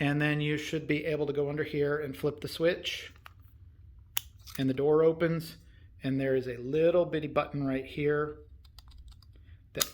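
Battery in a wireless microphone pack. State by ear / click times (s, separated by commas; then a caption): released / 9.8 s. Someone talks while a small button inside the opened battery door of a wireless microphone pack is pressed, and the battery pops out with a sharp click at 9.8 s. A brief sharp tick is also heard at 4.2 s, with faint soft clicks around 8.7–9.2 s. The battery is released and ejects from the compartment.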